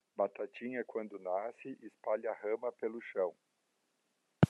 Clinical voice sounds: short text; Brazilian Portuguese; male; 60 to 69 years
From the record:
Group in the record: control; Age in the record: 60 years

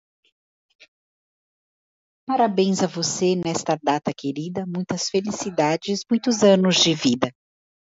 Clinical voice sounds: short text; Brazilian Portuguese; female; 40 to 49 years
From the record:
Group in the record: control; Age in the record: 45 years

